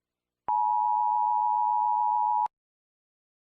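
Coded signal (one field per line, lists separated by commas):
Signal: Emergency Alert System (SAME) tones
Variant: 853 and 960 Hz attention tone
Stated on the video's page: Fictional EAS scenario made for entertainment, not a real alert.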